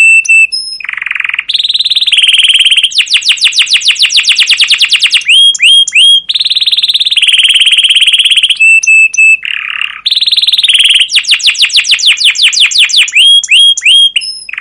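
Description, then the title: Canary song, loud and continuous: rapid rolling trills of upswept notes alternate with steady buzzy tones and sharp high chips, repeating in cycles. Canary song used as a lure and master recording for training young canaries to learn sounds; long rolling 'cuit cuit' chirping described as persistent and emotive. "PANCINGAN Kenari GACOR PANJANG Cuit CUIT EMOSI utk MASTERAN Kenari PAUD belajar BUNYI"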